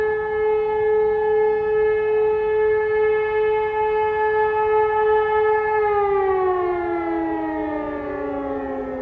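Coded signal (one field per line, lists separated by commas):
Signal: siren signal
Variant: E57 electromechanical siren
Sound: steady rich siren wail holding one pitch, then slowly winding down in pitch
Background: outdoor ambience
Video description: Monatlicher Probealarm der Feuerwehrsirenen in Bornheim am 28.11.2020 um 11 Uhr mit dem Signal "Feueralarm".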